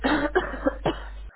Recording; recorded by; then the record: voluntary cough; telephone call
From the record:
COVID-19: positive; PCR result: self-reported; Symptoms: yes